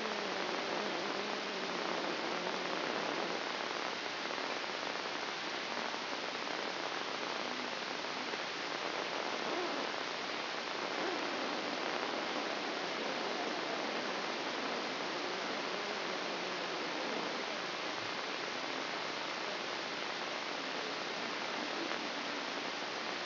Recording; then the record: brain microelectrode recording played as sound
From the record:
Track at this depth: inside the subthalamic nucleus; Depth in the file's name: 5.108 mm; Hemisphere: left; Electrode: 2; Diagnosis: Parkinson's disease